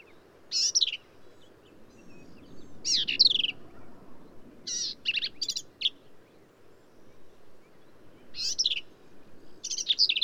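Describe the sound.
Black-capped vireo song with varied high-pitched phrases, some scratchy and some clear and slurred, delivered in irregular bursts over faint background hiss.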